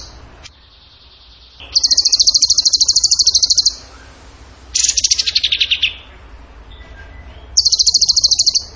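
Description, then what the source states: Bird song: three strong, rapid, high trills, the middle one falling in pitch, with quieter gaps between. Vigorous (gacor) singing in the tembakan style, used in masteran training.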